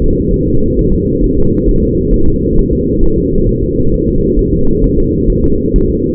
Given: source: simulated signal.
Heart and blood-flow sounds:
fetal heart sounds
0.02 s: S2
0.34 s: S1
0.48 s: S2
0.79 s: S1
0.93 s: S2
1.24 s: S1
1.38 s: S2
1.69 s: S1
1.83 s: S2
2.14 s: S1
2.28 s: S2
2.59 s: S1
2.73 s: S2
3.04 s: S1
3.18 s: S2
3.49 s: S1
3.63 s: S2
3.94 s: S1
4.09 s: S2
4.39 s: S1
4.53 s: S2
4.84 s: S1
4.99 s: S2
5.30 s: S1
5.44 s: S2
5.76 s: S1
5.90 s: S2
From the record:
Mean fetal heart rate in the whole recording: 130 bpm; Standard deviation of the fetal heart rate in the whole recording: 4 bpm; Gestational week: 38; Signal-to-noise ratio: -17.7 dB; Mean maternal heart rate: 72 bpm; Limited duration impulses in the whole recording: present

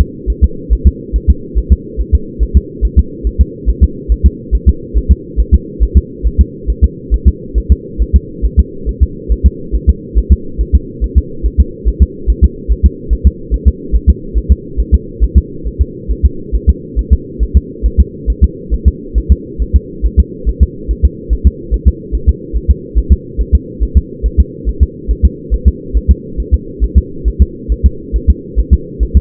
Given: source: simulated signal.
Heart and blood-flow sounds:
fetal heart sounds
0.01 s: S2
0.30 s: S1
0.44 s: S2
0.73 s: S1
0.87 s: S2
1.16 s: S1
1.30 s: S2
1.58 s: S1
1.72 s: S2
2.01 s: S1
2.15 s: S2
2.43 s: S1
2.57 s: S2
2.85 s: S1
2.99 s: S2
3.27 s: S1
3.41 s: S2
3.69 s: S1
3.83 s: S2
4.12 s: S1
4.26 s: S2
4.55 s: S1
4.69 s: S2
4.97 s: S1
5.11 s: S2
5.40 s: S1
5.54 s: S2
5.83 s: S1
5.97 s: S2
6.27 s: S1
6.41 s: S2
6.70 s: S1
6.84 s: S2
7.14 s: S1
7.28 s: S2
7.58 s: S1
7.72 s: S2
8.02 s: S1
8.16 s: S2
8.45 s: S1
8.59 s: S2
8.89 s: S1
9.03 s: S2
9.32 s: S1
9.46 s: S2
9.75 s: S1
9.89 s: S2
10.18 s: S1
10.32 s: S2
10.61 s: S1
10.75 s: S2
11.04 s: S1
11.18 s: S2
11.46 s: S1
11.60 s: S2
11.88 s: S1
12.02 s: S2
12.30 s: S1
12.44 s: S2
12.72 s: S1
12.86 s: S2
13.13 s: S1
13.27 s: S2
13.54 s: S1
13.68 s: S2
13.95 s: S1
14.09 s: S2
14.38 s: S1
14.52 s: S2
14.80 s: S1
14.94 s: S2
15.24 s: S1
15.38 s: S2
15.67 s: S1
15.81 s: S2
16.11 s: S1
16.25 s: S2
16.55 s: S1
16.69 s: S2
16.99 s: S1
17.13 s: S2
17.43 s: S1
17.57 s: S2
17.86 s: S1
18.00 s: S2
18.30 s: S1
18.44 s: S2
18.74 s: S1
18.88 s: S2
19.18 s: S1
19.32 s: S2
19.62 s: S1
19.76 s: S2
20.05 s: S1
20.20 s: S2
20.49 s: S1
20.63 s: S2
20.91 s: S1
21.05 s: S2
21.33 s: S1
21.47 s: S2
21.74 s: S1
21.88 s: S2
22.15 s: S1
22.29 s: S2
22.56 s: S1
22.71 s: S2
22.98 s: S1
23.12 s: S2
23.41 s: S1
23.55 s: S2
23.83 s: S1
23.97 s: S2
24.26 s: S1
24.40 s: S2
24.69 s: S1
24.83 s: S2
25.11 s: S1
25.25 s: S2
25.54 s: S1
25.68 s: S2
25.97 s: S1
26.11 s: S2
26.40 s: S1
26.54 s: S2
26.84 s: S1
26.98 s: S2
27.28 s: S1
27.42 s: S2
27.72 s: S1
27.86 s: S2
28.16 s: S1
28.30 s: S2
28.59 s: S1
28.74 s: S2
29.03 s: S1
29.17 s: S2
From the record:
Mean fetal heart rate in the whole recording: 140 bpm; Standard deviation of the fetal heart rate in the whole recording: 2 bpm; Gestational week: 34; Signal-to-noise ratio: -4.3 dB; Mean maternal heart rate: 72 bpm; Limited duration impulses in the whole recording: absent

